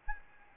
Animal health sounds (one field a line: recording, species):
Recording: mosquito wingbeat signal from an infrared sensor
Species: Aedes albopictus